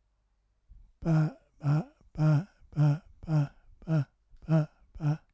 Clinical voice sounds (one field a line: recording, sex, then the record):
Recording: repeated syllable /pa/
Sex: male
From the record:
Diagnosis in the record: Parkinson's disease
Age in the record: 65 years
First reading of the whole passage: 164 s, 3.2 characters per second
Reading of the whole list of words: 151 s, 1.9 characters per second